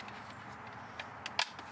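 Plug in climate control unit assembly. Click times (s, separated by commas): 1.4 s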